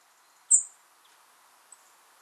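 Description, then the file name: European robin giving one sharp, very high, thin call, followed later by a much fainter short repeat, over a quiet low background hum. "Erithacus rubecula"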